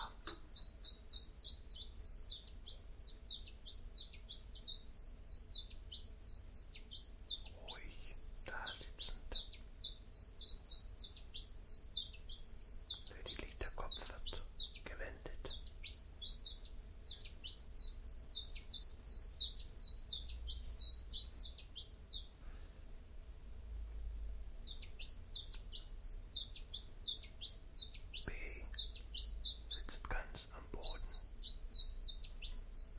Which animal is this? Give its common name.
Common Chiffchaff